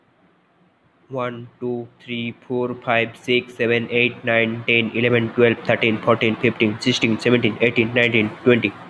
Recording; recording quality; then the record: counting at a fast pace; moderate, slight background noise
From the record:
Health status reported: COVID-19 positive, mild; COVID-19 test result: positive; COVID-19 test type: RT-PCR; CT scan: not taken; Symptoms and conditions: cold, loss of smell and taste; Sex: male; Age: 21 years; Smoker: no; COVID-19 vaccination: both doses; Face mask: not worn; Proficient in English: yes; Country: India